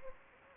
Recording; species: mosquito wingbeat signal from an infrared sensor; Anopheles gambiae